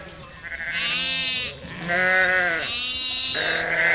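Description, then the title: Sheep giving loud, drawn-out quavering bleats in quick succession, higher calls overlapping lower ones. Flock of 467 sheep and lambs, freshly counted by the shepherd, moving and grazing grass and wild garlic; spatialised, moving bleating chorus; spring day, Chindrieux, France; binaural recording, Fostex FR2 LE, recordist on bicycle. "847 Rue de Vars, 73310 Chindrieux, France - Troupeau de moutons"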